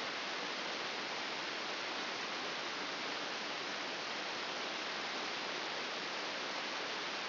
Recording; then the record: brain microelectrode recording played as sound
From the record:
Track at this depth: outside the subthalamic nucleus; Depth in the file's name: 9.104 mm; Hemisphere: left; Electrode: 2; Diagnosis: Parkinson's disease